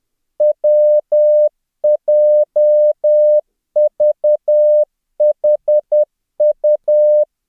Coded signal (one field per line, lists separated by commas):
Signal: Morse code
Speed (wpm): 10 wpm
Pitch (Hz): 600 Hz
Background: none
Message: WJVHU